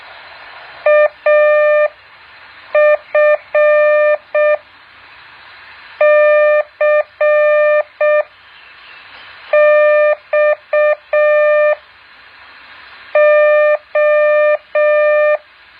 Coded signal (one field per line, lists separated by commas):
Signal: Morse code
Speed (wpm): 6 wpm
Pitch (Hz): 600 Hz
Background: none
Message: AFCXO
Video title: แบบฝึกหัด Morse code 7.1